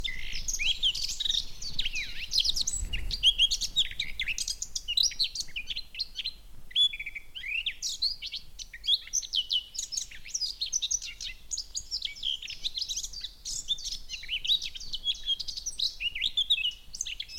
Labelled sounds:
Eurasian Blackcap (Sylvia atricapilla)

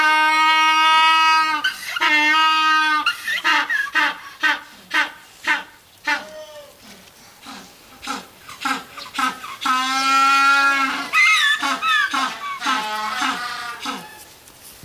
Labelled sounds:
African Penguin (Spheniscus demersus) call

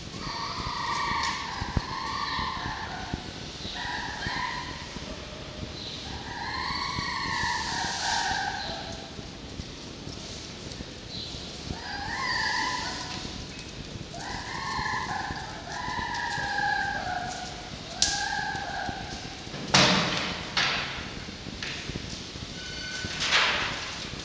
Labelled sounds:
Red Fox (Vulpes vulpes)

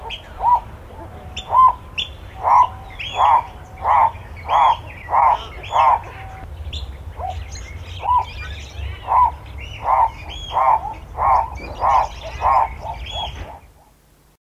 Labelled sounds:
Livingstone's Turaco (Tauraco livingstonii) call

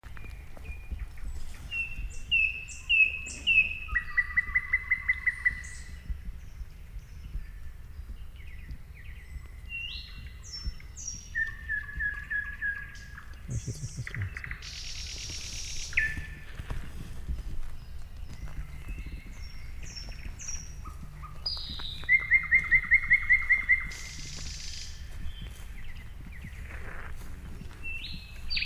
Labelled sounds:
Thrush Nightingale (Luscinia luscinia) song

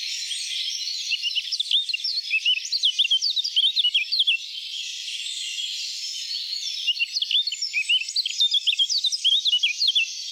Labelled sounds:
Eurasian Blackcap (Sylvia atricapilla) song

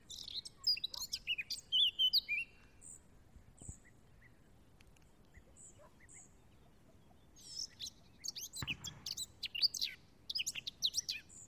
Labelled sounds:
Eurasian Blackcap (Sylvia atricapilla) song

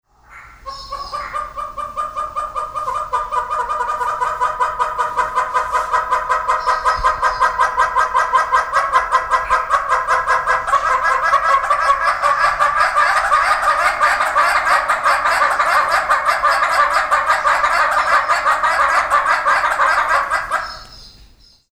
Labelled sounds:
Northern Red-billed Hornbill (Tockus erythrorhynchus)

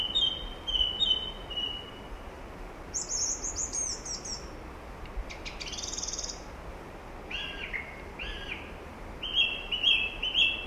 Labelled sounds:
Song Thrush (Turdus philomelos) song

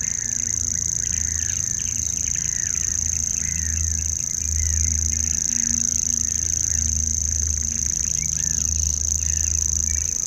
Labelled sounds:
Common Grasshopper Warbler (Locustella naevia) song

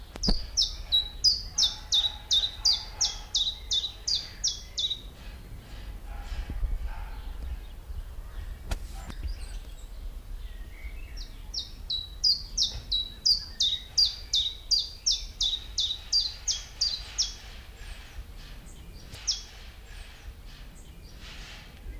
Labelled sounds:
Common Chiffchaff (Phylloscopus collybita) song

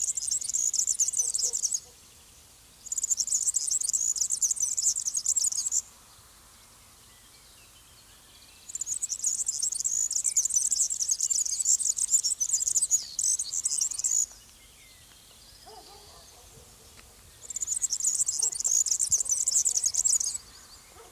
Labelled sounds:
European Serin (Serinus serinus) song

